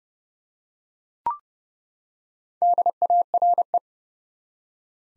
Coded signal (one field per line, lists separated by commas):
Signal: Morse code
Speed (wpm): 32 wpm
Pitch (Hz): 700 Hz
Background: none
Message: DARE